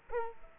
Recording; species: mosquito wingbeat signal from an infrared sensor; Culex quinquefasciatus